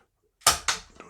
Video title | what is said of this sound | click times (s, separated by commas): Xtreme power dump truck review. Hulls 50 lbs? [226] | where it snaps you hear that snap you do that to the front and the back | 0.5 s, 0.7 s